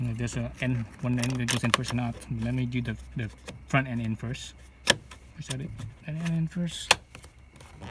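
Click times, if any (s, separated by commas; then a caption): none. A plastic door trim panel is being handled against the door of an ND Miata, with the front end worked in first so its retaining clips can be pressed into their holes. Someone talks throughout, with faint jangling and a couple of short, sharp taps near 7.2 seconds. Nothing has seated or clicked yet.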